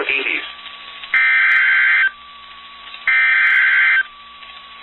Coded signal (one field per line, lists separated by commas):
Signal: Emergency Alert System (SAME) tones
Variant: header bursts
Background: speech